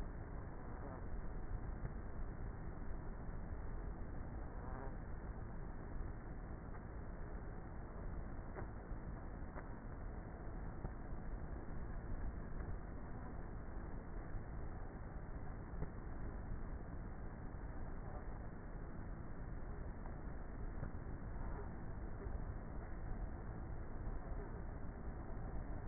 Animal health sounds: honeybee colony, microphone inside the hive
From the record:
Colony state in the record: queenless with a low population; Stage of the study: before two queens were removed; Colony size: about 30,000 bees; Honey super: no

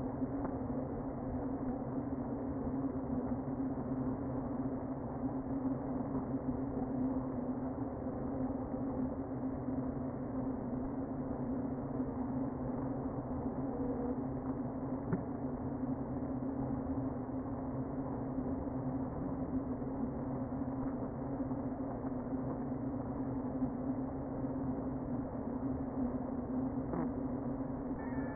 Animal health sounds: honeybee colony, microphone inside the hive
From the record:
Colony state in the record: queen present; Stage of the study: before two queens were removed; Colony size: about 60,000 bees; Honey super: yes

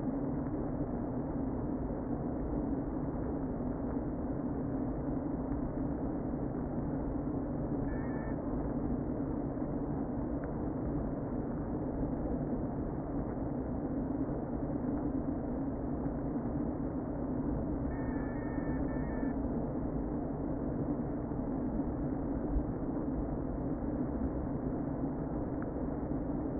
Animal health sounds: honeybee colony, microphone inside the hive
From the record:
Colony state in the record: queen present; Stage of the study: before two queens were removed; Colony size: about 60,000 bees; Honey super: yes

